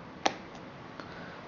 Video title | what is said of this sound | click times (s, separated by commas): iPad 2 Case Review - Targus 360 Degree Versavu Cover and Stand | so you'll hear me snapping it into place there | 0.3 s, 1.0 s